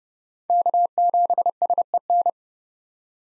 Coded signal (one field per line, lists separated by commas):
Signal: Morse code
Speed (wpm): 30 wpm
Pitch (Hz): 700 Hz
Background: none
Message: K7SEN